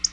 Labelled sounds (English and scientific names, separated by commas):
Black-throated Blue Warbler (Setophaga caerulescens) flight call